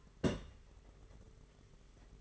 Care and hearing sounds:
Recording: daily activity, microphone in the room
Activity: place on stove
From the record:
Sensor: 4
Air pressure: 991.9 hPa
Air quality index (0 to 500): 85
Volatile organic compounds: 6 ppm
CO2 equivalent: 1943 ppm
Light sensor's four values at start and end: 21/75/27/29 and 21/75/27/29

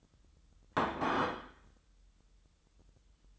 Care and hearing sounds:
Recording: daily activity, microphone in the room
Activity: place plate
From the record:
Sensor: 3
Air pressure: 988.6 hPa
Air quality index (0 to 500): 198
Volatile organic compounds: 340 ppm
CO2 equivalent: 4563 ppm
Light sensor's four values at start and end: 23/71/30/25 and 22/71/30/25

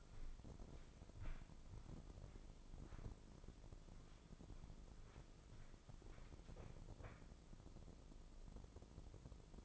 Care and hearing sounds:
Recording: daily activity, microphone in the room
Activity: walk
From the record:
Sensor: 5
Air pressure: 996.0 hPa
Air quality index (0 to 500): 249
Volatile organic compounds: 541 ppm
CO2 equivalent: 4871 ppm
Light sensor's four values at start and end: 202/484/206/227 and 202/483/205/226

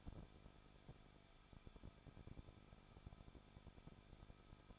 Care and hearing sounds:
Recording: daily activity, microphone in the room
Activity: no activity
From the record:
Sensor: 5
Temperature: 20.8 degrees Celsius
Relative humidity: 38.6%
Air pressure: 1006.4 hPa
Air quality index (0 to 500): 192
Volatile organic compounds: 21 ppm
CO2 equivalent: 2712 ppm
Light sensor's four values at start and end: 2/3/1/1 and 2/3/1/1

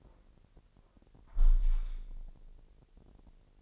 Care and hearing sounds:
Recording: daily activity, microphone in the room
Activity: close window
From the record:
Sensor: 5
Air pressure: 1000.0 hPa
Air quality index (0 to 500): 248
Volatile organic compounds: 35 ppm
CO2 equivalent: 3056 ppm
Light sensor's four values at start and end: 34/80/32/30 and 34/80/32/30

